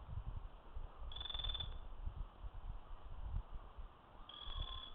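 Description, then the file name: Buff-spotted flameback calls: two short, high, buzzy trilled notes a few seconds apart over a steady low rumble. "Chrysocolaptes Lucidus"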